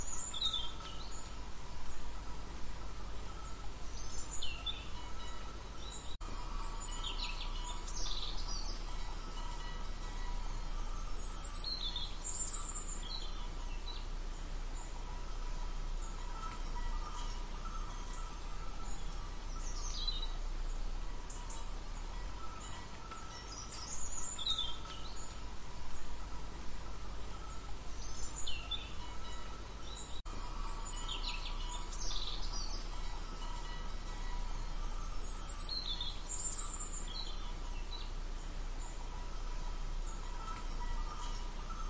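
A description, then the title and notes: Birds chirp in a forest, their bright calls scattered through the recording, with brief clusters of high twitters recurring every few seconds, busiest around the middle and later. Beneath them a steady, even hiss and a low rumble of outdoor background continue throughout. Enjoy soothing sounds of birds chirping in forest.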